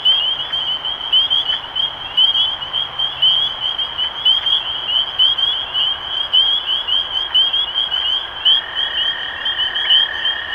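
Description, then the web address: Spring peeper chorus of high, rising peeps overlapping steadily, joined near the end by a long even tone. Recorded 23 March 2012. "rob animals Peepers-2012-0323"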